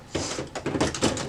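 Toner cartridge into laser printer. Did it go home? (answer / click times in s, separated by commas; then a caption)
no / none. A new plastic toner cartridge is slid along its guides into an HP LaserJet M234sdwe laser printer, producing short plastic scraping and rubbing bursts around 0.2, 0.6, 0.8 and 1.0 seconds. Nothing has seated or clicked yet; the cartridge is still being handled and has not locked into place.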